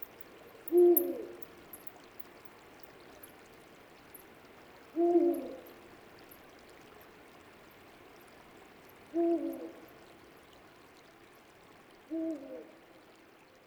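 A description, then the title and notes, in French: A Eurasian eagle-owl calls four times, at about 1, 5, 9 and 12 seconds, each a deep, short hoot standing out clearly from a quiet night. Between calls a soft, steady hiss lingers, perhaps distant running water, with faint high ticks above. Dentelles de Montmirail - Nagra seven - mkh20. Vers 4h45 du matin l'appel d'un Grand-duc d'Europe ( Bubo bubo) me réveil. Il revient de chasse et annonce sa présence à la femelle par son chant. L'ambiance est un peu lointaine mais très évocatrice de la sonorité des falaises.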